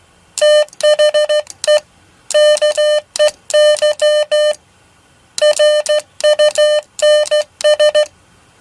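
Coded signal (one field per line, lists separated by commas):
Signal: Morse code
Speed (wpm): 14 wpm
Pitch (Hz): 600 Hz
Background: none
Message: THE KEY RUNS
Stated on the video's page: Sent with a fully-automatic rotary bug whose single oscillating pendulum makes both dots and dashes.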